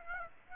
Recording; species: mosquito wingbeat signal from an infrared sensor; Aedes aegypti